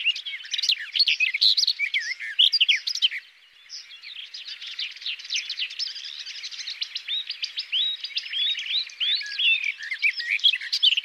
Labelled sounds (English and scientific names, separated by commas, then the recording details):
Garden Warbler (Sylvia borin) song
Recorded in the wild
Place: Waltershofen / Freiburg im Breisgau, Baden-Württemberg, DE
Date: 2009-05-10
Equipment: MiniDisc Sharp MT 20 H
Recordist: Schwarz, Dieter